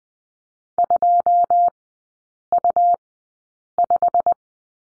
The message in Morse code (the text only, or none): 2U5